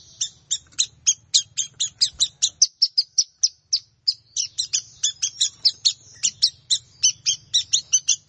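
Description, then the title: Plain prinia giving a continuous chain of thin, buzzy high notes at a brisk, even pace, with a faint low hum in the background. "Ciblek Sawah"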